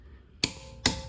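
A click-type torque wrench set to 90 is pushed on a wheel lug nut until it clicks at 0.4 seconds, confirming the nut has reached the set torque. A second sharp metallic snap follows at 0.9 seconds over a quiet background.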